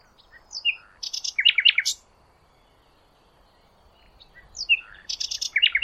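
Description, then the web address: Bird song in two short bursts of quick chattering, twittering notes, separated by about two seconds of quiet. "cianscape birddata Deverinetal 2025 File origin Bird Only Lu Me"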